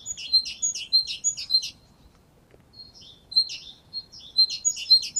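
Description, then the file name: Great tit calling in quick, high, sharp chirps, breaking off for about a second before a renewed fast burst of similar notes. "Parus major"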